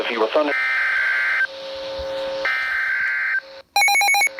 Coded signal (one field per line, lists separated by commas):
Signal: Emergency Alert System (SAME) tones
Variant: header bursts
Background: speech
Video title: PDS TORNADO WARNING (EAS #424).